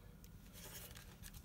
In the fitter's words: немножечко поджимаем внутрь и до щелчка как